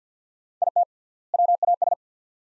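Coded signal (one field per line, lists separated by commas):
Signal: Morse code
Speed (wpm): 50 wpm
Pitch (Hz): 700 Hz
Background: none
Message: IT WAS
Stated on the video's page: Morse practice of two-word sets at 50 wpm with 3x word spacing, a word-level analogue of Farnsworth.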